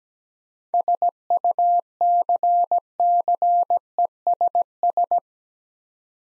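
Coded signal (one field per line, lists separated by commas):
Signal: Morse code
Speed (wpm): 17 wpm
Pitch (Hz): 700 Hz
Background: none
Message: SUCCESS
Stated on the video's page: Morse practice at 17 wpm: seven-letter words sent twice for head-copy drill.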